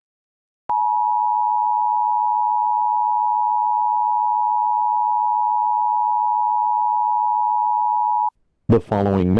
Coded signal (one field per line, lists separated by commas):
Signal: Emergency Alert System (SAME) tones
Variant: 853 and 960 Hz attention tone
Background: speech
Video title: Sunny Japan - National EAS Alert - 29/11/2018 2:00AM